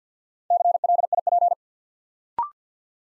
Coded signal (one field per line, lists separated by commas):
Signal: Morse code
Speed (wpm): 48 wpm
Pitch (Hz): 700 Hz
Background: none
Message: CLIP